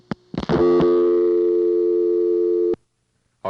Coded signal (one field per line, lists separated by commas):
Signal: telephone call progress tone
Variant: North America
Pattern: dial tone